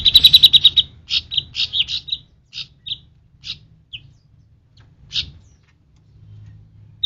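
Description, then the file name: Cucak rante song opening with a fast trill of high notes, then short chirps and phrases spaced irregularly, with a quiet low hum behind. "cucak rante mas"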